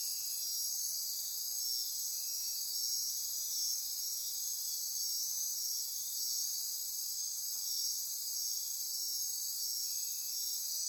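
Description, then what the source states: Insect chorus of many callers forming a continuous high shrill trilling wash, even in loudness. Insect chorus recorded at midnight near Corcovado.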